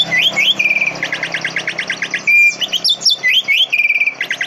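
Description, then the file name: Greater green leafbird song: a varied, fast mix of upslurred whistles, short buzzy notes and rapid trilled phrases, with brief pauses between bursts. Greater green leafbird song with canary song fill-ins (isian kenari). "cucak hijau isian kenari"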